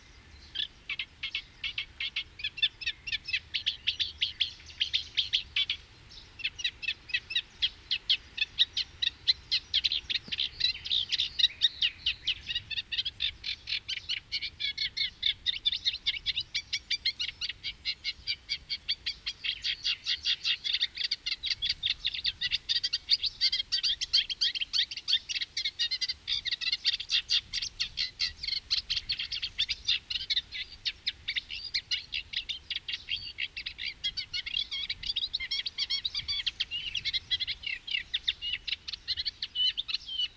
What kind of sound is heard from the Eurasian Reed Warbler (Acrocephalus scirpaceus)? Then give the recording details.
song. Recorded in the wild. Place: Hettenleidelheim, Rheinland-Pfalz, DE. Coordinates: 49.5353, 8.07278. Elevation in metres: 252. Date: 1975-08-24. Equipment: Nagra IV, Sennheiser MKH 405, Parabolreflektor. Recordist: Tretzel, Erwin